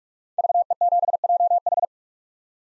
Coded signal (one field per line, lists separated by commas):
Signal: Morse code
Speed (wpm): 47 wpm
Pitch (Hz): 700 Hz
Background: none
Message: VE7JH